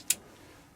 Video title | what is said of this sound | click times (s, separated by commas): OFF GRID - GAS HEATERS | it's locked in that place okay so as you can probably hear that clicked so | 0.1 s